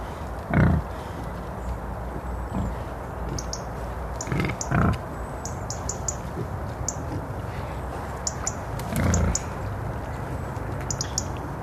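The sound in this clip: Wild boar giving short, deep grunts, single at first, then a close pair, and another grunt later, while small birds chirp and twitter high.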